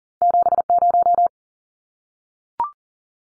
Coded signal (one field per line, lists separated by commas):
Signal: Morse code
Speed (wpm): 40 wpm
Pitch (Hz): 700 Hz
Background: none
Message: 70